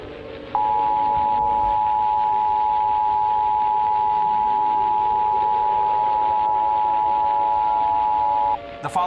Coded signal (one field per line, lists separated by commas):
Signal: Emergency Alert System (SAME) tones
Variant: 853 and 960 Hz attention tone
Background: speech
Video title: EAS Scenario | Nuclear War | WW3 Part 2